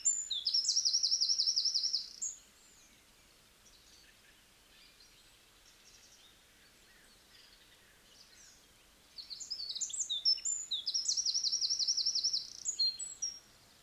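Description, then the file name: Eurasian wren song given twice, bursts of about two and four seconds of shrill, fast trilling and twittering, separated by roughly seven seconds of quiet. "Troglodytes troglodytes"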